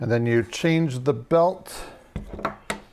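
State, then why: Seated. Someone talks, then the belt guide/tensioner on a Work Sharp Ken Onion Edition Mk.2 powered knife sharpener's grinding attachment is pushed back while the abrasive belt is being changed. A few short hits at about 2.2 s and 2.5 s lead to the loudest, final click at 2.7 s as the part clicks into place and is seated.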